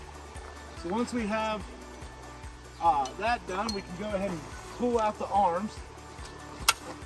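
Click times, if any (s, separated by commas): 6.7 s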